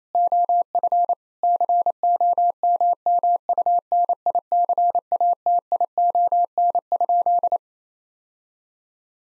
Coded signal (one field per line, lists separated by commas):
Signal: Morse code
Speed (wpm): 28 wpm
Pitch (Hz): 700 Hz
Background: none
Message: OF COMMUNICATION?